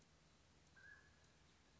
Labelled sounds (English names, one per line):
Mountain Quail